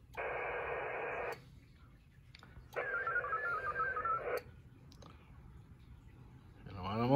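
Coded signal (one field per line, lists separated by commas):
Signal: HF data modem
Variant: speed level 3, 61 bps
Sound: two dense hissing data bursts with warbling tones, separated by about 1.5 s of quiet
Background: radio static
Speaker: I prepared a message ahead of time so I'm sending my message I'm only sending it 61 bits per second which is speed number three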